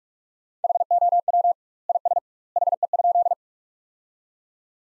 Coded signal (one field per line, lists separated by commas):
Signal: Morse code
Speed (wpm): 44 wpm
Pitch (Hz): 700 Hz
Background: none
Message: HOW IS HE?